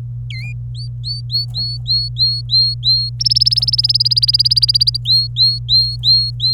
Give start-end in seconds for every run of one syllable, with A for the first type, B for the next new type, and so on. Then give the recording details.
0.30-0.53 A, 0.75-3.10 B, 3.20-4.97 C, 5.05-6.54 B. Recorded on 25 April 2018 at 14:59. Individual llb3